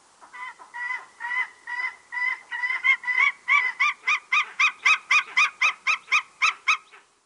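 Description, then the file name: White-tailed eagle call, a series of yelping notes that begins slow and drawn-out, then quickens into short, sharp, evenly repeated barks. "Havsorn"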